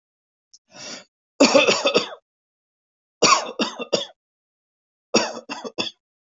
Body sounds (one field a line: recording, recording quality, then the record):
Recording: shallow voluntary cough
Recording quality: excellent, no background noise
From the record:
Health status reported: healthy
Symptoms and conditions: none ticked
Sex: male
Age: 49 years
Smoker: not ticked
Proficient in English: yes